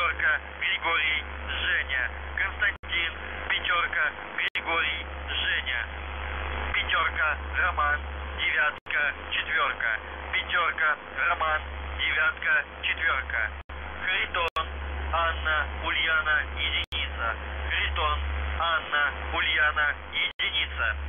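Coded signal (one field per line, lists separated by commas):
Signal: numbers station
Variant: UVB-76, Russian voice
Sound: a Russian voice reads code words such as five and four over a steady low hum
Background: radio hum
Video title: The Buzzer/UVB-76(4625Khz) October 7th 2020 7:42UTC Voice message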